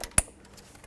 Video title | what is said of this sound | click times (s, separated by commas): How to Replace Radiator 2002-06 Toyota Camry | make sure it clicks in so it's secure | 0.2 s